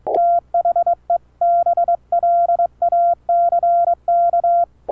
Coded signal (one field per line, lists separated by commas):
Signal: Morse code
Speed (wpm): 22 wpm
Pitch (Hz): 1380 Hz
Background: none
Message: THE BLACK